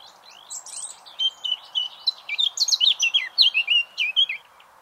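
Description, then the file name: Eurasian blackcap warbling song, a quick run of varied chirps and slurred whistled notes, high-pitched, delivered in a steady rush for about four seconds over faint background hiss. "Sylvia atricapilla"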